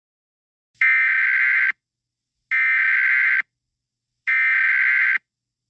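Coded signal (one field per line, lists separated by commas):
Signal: Emergency Alert System (SAME) tones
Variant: header bursts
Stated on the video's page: Fictional EAS scenario; tones are part of a made-up alert, not a real broadcast.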